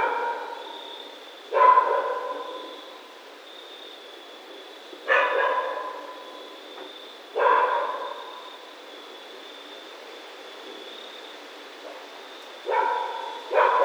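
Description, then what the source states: Raccoon repeating short harmonic calls, several bursts at irregular intervals, each trailing off, over a continuous high-pitched hum. Recorded 28 October 2010.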